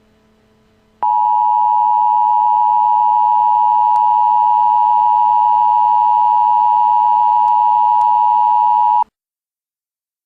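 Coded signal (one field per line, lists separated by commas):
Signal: Emergency Alert System (SAME) tones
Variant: 853 and 960 Hz attention tone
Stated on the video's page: EAS tones as heard in a film.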